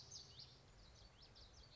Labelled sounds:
Common Yellowthroat
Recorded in Sonoma County, California

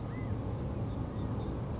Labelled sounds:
California Quail
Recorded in Sonoma County, California

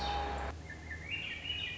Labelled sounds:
Swainson's Thrush
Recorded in Sonoma County, California

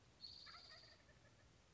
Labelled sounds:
Wild Turkey
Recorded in Sonoma County, California

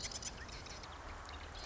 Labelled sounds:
Marsh Wren
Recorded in Sonoma County, California

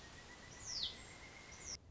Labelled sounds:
Pileated Woodpecker
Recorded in Sonoma County, California

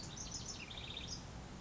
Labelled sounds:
House Wren
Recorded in Sonoma County, California

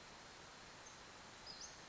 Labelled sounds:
Western Flycatcher
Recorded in Sonoma County, California

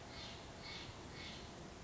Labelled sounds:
Steller's Jay
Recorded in Sonoma County, California

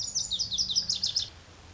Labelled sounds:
Lazuli Bunting
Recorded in Sonoma County, California

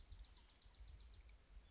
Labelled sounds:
Dark-eyed Junco
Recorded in Sonoma County, California

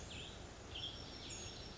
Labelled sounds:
Western Tanager
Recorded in Sonoma County, California

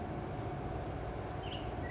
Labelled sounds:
California Towhee
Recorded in Sonoma County, California

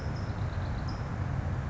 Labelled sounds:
California Towhee
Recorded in Sonoma County, California

